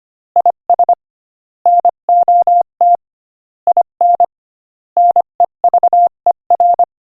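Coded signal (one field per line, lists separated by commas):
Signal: Morse code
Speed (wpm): 25 wpm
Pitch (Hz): 700 Hz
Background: none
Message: IS NOT IN NEVER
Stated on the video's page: Morse code listening practice at 25 wpm, sending an inspirational quotation.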